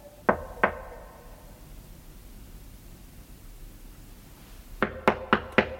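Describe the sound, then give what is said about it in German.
Two sharp knocks on a wooden door, a pause of steady hiss, then a quicker burst of four or five solid raps near the end. “Der Klingelknopf sah aus wie das Auge eines ausgestopften Fisches. Er klemmte. Also klopfte ich.”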